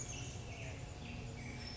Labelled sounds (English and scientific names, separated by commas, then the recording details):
Chestnut-backed Chickadee (Poecile rufescens)
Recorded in Sonoma County, California